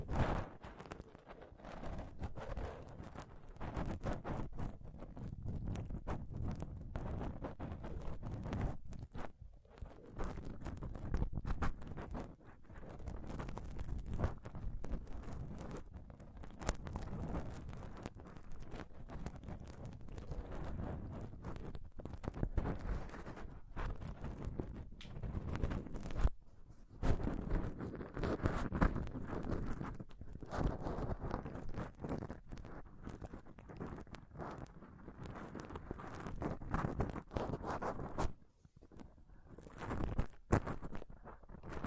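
Intense scratching and touching on a microphone, close-up, in a dense, restless stream of rubbing and small knocks. The sound stays mostly low and thick, with sharp crackly bursts reaching high, and brief drops to near silence around 10, 26 and 39 seconds.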